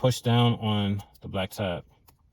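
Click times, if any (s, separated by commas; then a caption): none. Someone talks while handling a plastic airbag wiring connector for the driver airbag module of a 2016-2023 Nissan Maxima, where the connector goes in at an angle and its black locking tab gets pushed down. The clip ends before the connector goes home, so nothing has seated or clicked yet.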